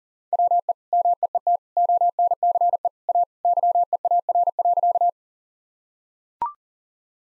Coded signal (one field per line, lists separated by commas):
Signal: Morse code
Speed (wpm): 40 wpm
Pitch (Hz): 700 Hz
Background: none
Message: WE MEET ONCE A YEAR.